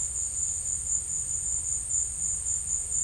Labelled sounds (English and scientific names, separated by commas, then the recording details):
none
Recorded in secondary vegetation near Puerto Asís, Putumayo, Colombia, on 20 December 2024 at 13:30
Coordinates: 0.481, -76.318
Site G042